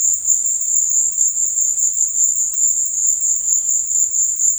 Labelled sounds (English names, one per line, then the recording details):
none
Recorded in dense forest near Puerto Asís, Putumayo, Colombia, on 22 December 2024 at 16:30
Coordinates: 0.468, -76.322
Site G071